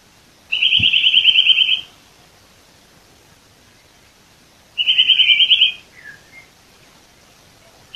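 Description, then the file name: Eurasian nuthatch: two fast, even trills of piping notes a few seconds apart, a dull knock near the start, and a few soft whistles after. "Sitta europaea"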